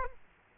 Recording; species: mosquito wingbeat signal from an infrared sensor; Aedes aegypti